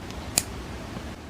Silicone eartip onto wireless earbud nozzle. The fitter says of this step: hear what and you should hear a click sound